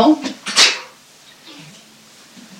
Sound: someone sneezes